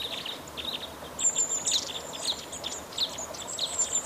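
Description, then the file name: Crossbill calls, short sharp notes repeated in quick irregular runs, with thin high whistles running through the background. "isuka"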